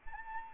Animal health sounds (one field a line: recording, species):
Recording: mosquito wingbeat signal from an infrared sensor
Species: Anopheles arabiensis